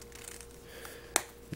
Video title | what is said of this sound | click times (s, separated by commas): Nexus 6 Cases Quick Look! (Early Releases) | very easy to snap into place | 1.2 s